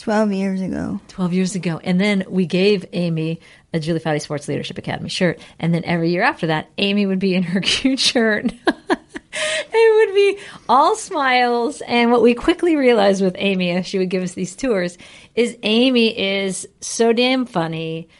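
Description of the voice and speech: An adult woman speaks fluently in a warm, clear voice at an ordinary pace, with normal voice quality.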